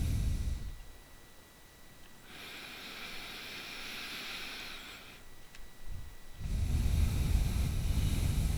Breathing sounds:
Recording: nose breathing near a microphone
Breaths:
0.00-0.71 s: exhalation
2.08-5.47 s: inhalation
6.38-8.58 s: exhalation
From the record:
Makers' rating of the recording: bad

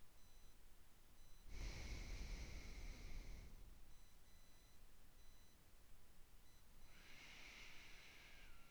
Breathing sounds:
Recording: nose breathing near a microphone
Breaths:
1.50-4.06 s: exhalation
6.89-8.71 s: inhalation
From the record:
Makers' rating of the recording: medium

